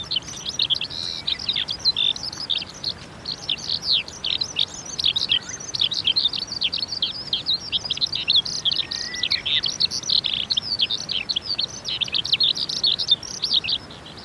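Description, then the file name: Eurasian skylark song, a continuous fast stream of trilled, warbling and chirruping notes high in pitch, pouring on without pause for the whole stretch. "hibari"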